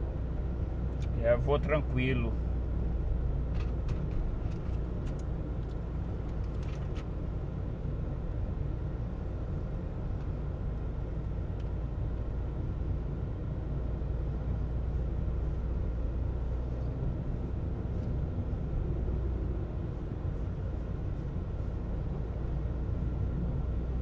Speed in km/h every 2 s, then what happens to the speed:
36, 34, 34, 33, 33, 34, 34, 35, 38, 33, 35, 36.
0-24 steady at about 34.